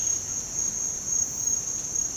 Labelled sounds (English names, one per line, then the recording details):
none
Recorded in dense forest near Puerto Asís, Putumayo, Colombia, on 21 February 2024 at 07:00
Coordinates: 0.503, -76.322
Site G6418